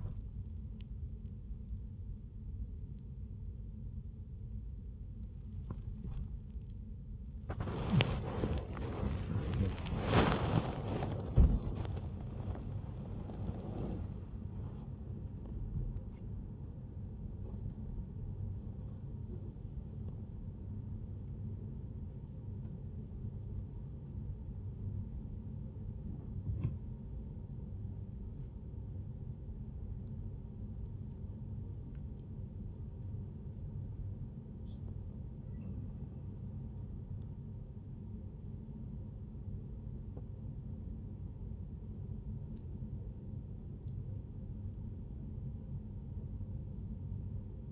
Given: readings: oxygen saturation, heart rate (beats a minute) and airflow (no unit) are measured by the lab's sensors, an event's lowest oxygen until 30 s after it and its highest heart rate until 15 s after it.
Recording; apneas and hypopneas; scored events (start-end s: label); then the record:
a person awake in a sleep study, by a smartphone at the bedside; none
0.00-47.72 s: awake
From the record:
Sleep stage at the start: awake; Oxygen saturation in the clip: 82 to 83%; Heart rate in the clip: 76 to 89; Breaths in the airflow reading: 8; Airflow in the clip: -5.9 to 10.1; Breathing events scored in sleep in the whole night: 131 in 7.2 hours asleep